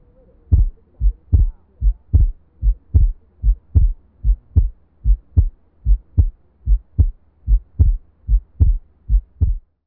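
Low, dull adult heart sounds heard by stethoscope come in regular paired beats, about 74 a minute, with a steady rhythm and no background noise.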